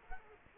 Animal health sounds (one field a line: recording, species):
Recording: mosquito wingbeat signal from an infrared sensor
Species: Culex quinquefasciatus